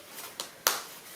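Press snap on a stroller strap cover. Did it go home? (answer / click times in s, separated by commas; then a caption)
yes / 0.7 s. A fabric strap cover is pulled over the strap of a Valcobaby Trend Ultra/Elite stroller, and its press snap is pushed shut by hand so it holds and doesn't come off easily. A faint tap at 0.4 s is followed by a sharp, loud click at 0.7 s as the snap seats closed.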